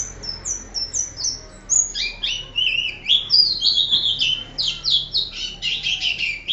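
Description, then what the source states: White-eye singing a varied, high-pitched warble. Sweet slurred notes come in quick succession, some dipping lower, then a fast twittering run at the end. Ngerol song style.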